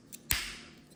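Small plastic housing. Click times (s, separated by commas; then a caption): 0.3 s. On the second side of a plastic key fob housing from a Porsche 911 992-generation car, being closed after a battery replacement, the tooth falls into its opening and the two housing halves snap closed. A faint tick comes first, then one sharp, bright click at 0.3 s that fades over the next few tenths of a second, and the housing is seated.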